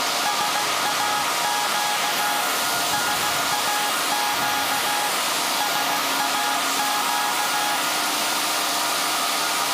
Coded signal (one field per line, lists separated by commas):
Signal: Morse code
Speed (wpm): 16 wpm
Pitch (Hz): 830 Hz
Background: music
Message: SAQ SAQ SAQ